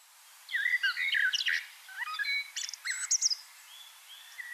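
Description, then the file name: Common blackbird song: a hurried fluted warble running into sharp, high squeaky chips. "Turdus merula"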